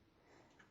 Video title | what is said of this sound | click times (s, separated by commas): COMO USAR LA MÁQUINA DE COSER TOYOTA QUILTMASTER 50 | luego empujamos el devanador hacia la derecha hasta que haga un clic | 0.6 s